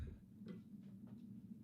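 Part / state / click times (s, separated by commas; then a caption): XLR cable plug into microphone socket / not seated / none. An XLR cable plug is rotated at a microphone socket to find its keyed alignment before being pushed in. Soft handling and scraping sounds come at about 0.5, 0.9 and 1.1 seconds over a steady low hum. Nothing has seated or clicked yet.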